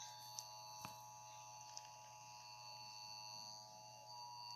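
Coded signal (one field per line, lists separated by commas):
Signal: Emergency Alert System (SAME) tones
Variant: 853 and 960 Hz attention tone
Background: music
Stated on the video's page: Fictional EAS scenario using valid EAS tones.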